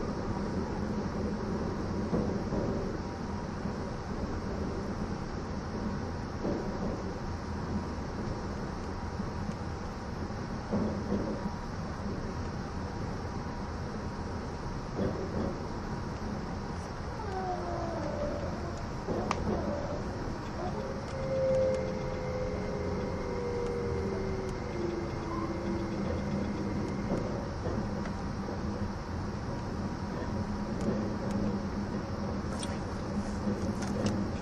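The E261 series Saphir Odoriko No. 1 train runs with a steady, dense low rumble and a constant hum. Around 18 to 28 seconds, whining tones slide downward and a thin high tone holds briefly, while the rumble stays even to the end.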